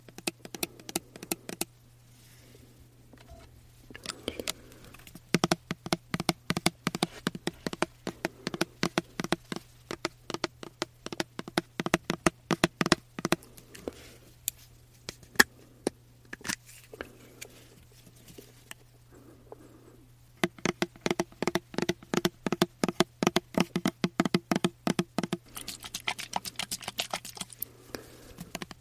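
Fingernails tap rapidly on diffuser and body mist bottles, producing crisp clicks in dense bursts near the start, from about 5 to 14 seconds, and again from 20 seconds on. Sparse taps and light handling fill the quieter gaps over a steady low hum.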